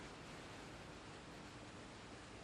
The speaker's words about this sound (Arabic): إخواني هذا هو أطول شلال في العالم